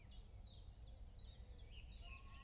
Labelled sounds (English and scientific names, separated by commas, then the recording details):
Common Chiffchaff (Phylloscopus collybita)
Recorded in Germany
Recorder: ecoPi